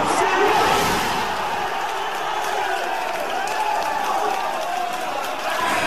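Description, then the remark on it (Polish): Football fans cheering at home cheer and shout together in a dense, steady roar that stays loud for several seconds, with scattered clapping mixed into the noise. “Jak słyszymy, jest radość.”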